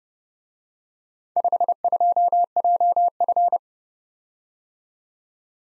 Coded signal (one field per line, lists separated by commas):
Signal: Morse code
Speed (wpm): 29 wpm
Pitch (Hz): 700 Hz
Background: none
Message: 52JF